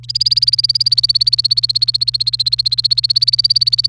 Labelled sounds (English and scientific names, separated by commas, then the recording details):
Domestic Canary (Serinus canaria) song
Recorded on 28 April 2018 at 15:34
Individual llb3